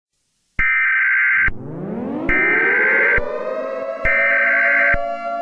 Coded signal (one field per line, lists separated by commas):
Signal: Emergency Alert System (SAME) tones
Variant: header bursts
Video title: EAS Scenario 24: The Doom Rig (REMASTERED)